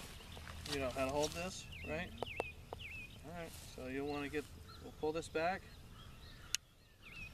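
Someone talks while the hammer (cock) of a .50 caliber black powder Hawken flintlock rifle is pulled all the way back. At 6.6 s it catches at full cock and latches with a sharp metal click.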